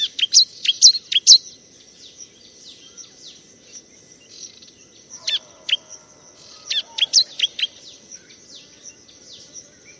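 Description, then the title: Bar-winged prinia song: quick run of high chirps at the start, then scattered chirp groups, backed by a continuous shrill hiss and soft low noise. Tutor recording for training cage birds. "Masteran Ciblek"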